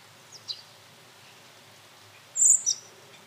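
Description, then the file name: Common blackbird calls: two faint high ticks early, then a louder, thin, high-pitched note followed by a shorter one near the end, against quiet hiss. "Turdus merula"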